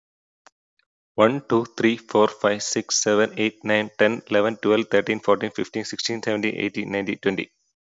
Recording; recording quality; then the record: counting at a fast pace; excellent, no background noise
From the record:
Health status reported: healthy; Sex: male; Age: 35 years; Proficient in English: yes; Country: India